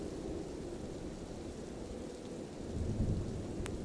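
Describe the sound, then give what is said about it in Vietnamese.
Rain begins to fall under a gloomy sky, a steady hiss filling the scene, with a deep rumble of thunder swelling low underneath toward the end and a single sharp drip standing out briefly. “Vài hạt mưa trong không trung bắt đầu thả mình rơi xuống.”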